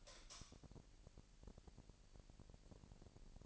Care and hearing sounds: daily activity, microphone in the room; light on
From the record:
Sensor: 5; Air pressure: 1002.0 hPa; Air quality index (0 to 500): 248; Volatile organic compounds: 47 ppm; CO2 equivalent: 3254 ppm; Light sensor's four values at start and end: 16/38/16/17 and 17/40/16/18

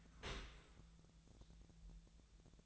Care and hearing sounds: daily activity, microphone in the room; open dishwasher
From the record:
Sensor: 3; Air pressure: 1000.5 hPa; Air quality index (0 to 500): 176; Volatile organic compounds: 3 ppm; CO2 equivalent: 1524 ppm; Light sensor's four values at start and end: 14/36/14/16 and 14/36/14/16

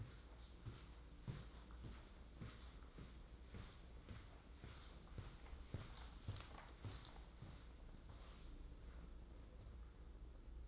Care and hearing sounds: daily activity, microphone in the room; walk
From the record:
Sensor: 3

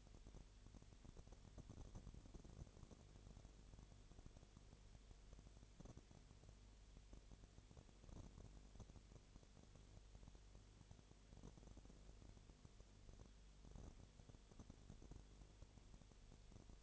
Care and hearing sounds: daily activity, microphone in the room; no activity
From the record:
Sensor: 4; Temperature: 22.7 degrees Celsius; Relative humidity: 32.0%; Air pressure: 1008.1 hPa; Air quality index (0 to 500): 114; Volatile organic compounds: 2 ppm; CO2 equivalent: 1104 ppm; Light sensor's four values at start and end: 2/3/1/1 and 2/3/1/1

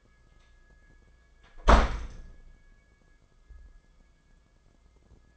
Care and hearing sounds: daily activity, microphone in the room; close door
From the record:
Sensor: 5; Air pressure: 994.4 hPa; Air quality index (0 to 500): 185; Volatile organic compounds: 1000 ppm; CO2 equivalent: 5456 ppm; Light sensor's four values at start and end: 19/48/19/23 and 18/44/18/21

